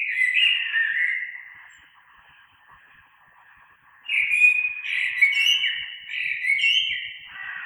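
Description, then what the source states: Common blackbird song: a fluty phrase at the start, a quiet gap, then a longer warbling phrase with high, squeaky notes mixed in. Recorded 3 March 2020.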